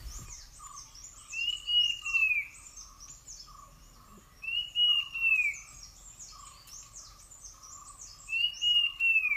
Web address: Puff-throated Babbler